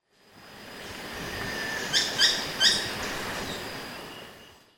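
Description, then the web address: Buff-throated tody-tyrant giving three short, bright, high-pitched chips in quick succession against constant faint hiss. Recorded in Ecuador. "Birds of Ecuador. Buff-throated Tody-Tyrant"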